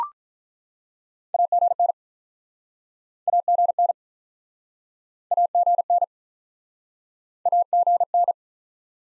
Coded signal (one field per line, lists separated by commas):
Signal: Morse code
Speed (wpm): 49 wpm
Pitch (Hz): 700 Hz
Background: none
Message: AGN AGN AGN AGN